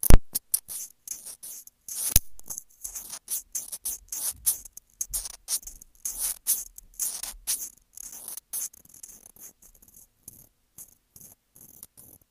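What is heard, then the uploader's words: Scratching against a sensitive microphone, heard as dense, irregular bursts of rough, hissy scraping with sharp clicks and pops scattered throughout. Strokes come quickly and unevenly through the first eight seconds, then thin into sparser, quieter scrapes separated by silence. ASMR Sensitive Mic Scratching.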